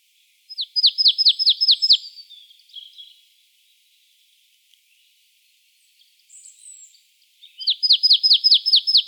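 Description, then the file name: Marsh tit giving a rapid burst of bright, descending notes, a few quiet scratchy notes, a pause, then another fast burst at the end. "Poecile palustris"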